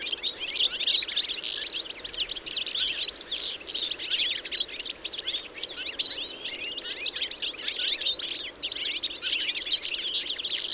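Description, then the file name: European goldfinch calls: many birds chattering at once, a steady wash of bright, rapid twittering notes with no pauses across the whole stretch. "Carduelis carduelis"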